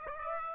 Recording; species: mosquito wingbeat signal from an infrared sensor; Aedes aegypti